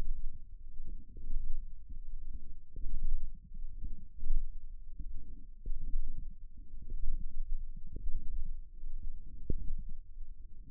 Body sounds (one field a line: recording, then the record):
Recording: forearm muscle sounds (acoustic myography)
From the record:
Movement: radial deviation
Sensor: system 1, eight BSWA MPA416 microphones around the upper forearm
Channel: 8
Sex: female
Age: 21 years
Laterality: right